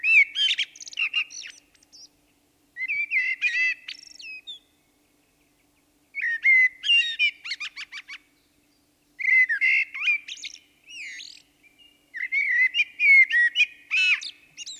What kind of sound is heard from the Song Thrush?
song